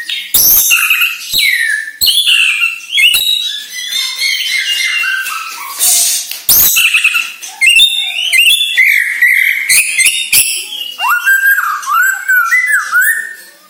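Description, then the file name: White-rumped shama singing a dense, fast medley of whistled phrases, buzzy trills and abrupt clicks. Borneo birds; used as a lure (pancingan) to bring birds into full, frequent song (gacor, dor). "Sara Pancingan Murai Batu Borneo Agar Gacor Dor"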